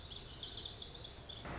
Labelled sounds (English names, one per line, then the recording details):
Lazuli Bunting
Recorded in Sonoma County, California